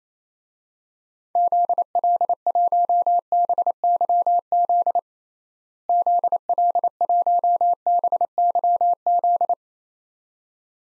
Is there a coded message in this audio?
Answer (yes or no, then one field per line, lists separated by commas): yes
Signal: Morse code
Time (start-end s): 1.4-9.5 s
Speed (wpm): 28 wpm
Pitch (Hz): 700 Hz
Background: none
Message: ZL1BYZ ZL1BYZ